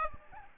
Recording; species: mosquito wingbeat signal from an infrared sensor; Aedes aegypti